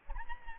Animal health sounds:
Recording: mosquito wingbeat signal from an infrared sensor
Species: Aedes albopictus

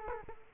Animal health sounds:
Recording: mosquito wingbeat signal from an infrared sensor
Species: Culex quinquefasciatus

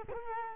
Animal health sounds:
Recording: mosquito wingbeat signal from an infrared sensor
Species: Culex quinquefasciatus

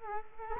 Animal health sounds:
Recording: mosquito wingbeat signal from an infrared sensor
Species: Culex quinquefasciatus

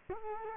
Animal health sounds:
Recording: mosquito wingbeat signal from an infrared sensor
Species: Culex quinquefasciatus

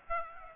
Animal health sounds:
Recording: mosquito wingbeat signal from an infrared sensor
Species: Aedes aegypti

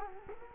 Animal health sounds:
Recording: mosquito wingbeat signal from an infrared sensor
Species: Culex quinquefasciatus

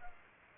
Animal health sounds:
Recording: mosquito wingbeat signal from an infrared sensor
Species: Culex pipiens

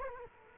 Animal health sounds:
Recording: mosquito wingbeat signal from an infrared sensor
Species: Culex quinquefasciatus

